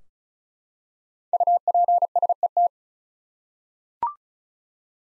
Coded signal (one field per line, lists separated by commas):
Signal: Morse code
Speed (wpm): 36 wpm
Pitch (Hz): 700 Hz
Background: none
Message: UPSET